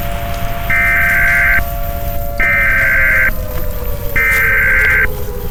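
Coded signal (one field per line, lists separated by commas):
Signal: Emergency Alert System (SAME) tones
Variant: header bursts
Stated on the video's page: Simulated EAS alerts in a fictional audio drama, with a rain backdrop.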